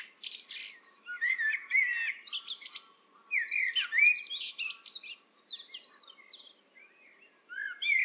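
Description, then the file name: Common blackbird delivers quick fluty warbles and scratchy high squeaks, phrases tumbling one after another with short quieter gaps. "Turdus merula"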